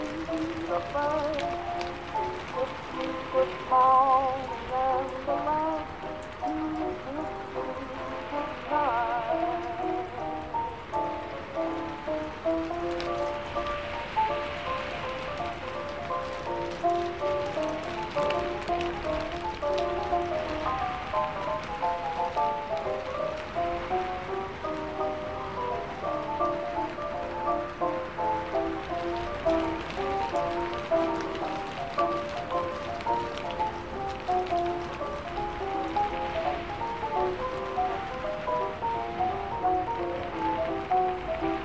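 Oldies music plays in another room while rain falls steadily throughout. The melody sits in the mids with shifting notes and a muffled tone, under a constant dense hiss of rain pattering that never lets up, with small brighter swells now and then.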